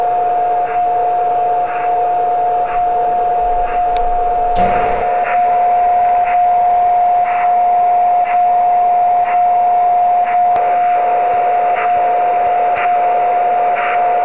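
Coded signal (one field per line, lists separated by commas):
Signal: radio time signal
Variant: DCF77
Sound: steady whistle tone in hiss with a short dip or click about every second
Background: radio static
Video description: ] Dort dekodiert das Programm SoDiRa schließlich das Signal zur Darstellung der Uhrzeit und des Datums.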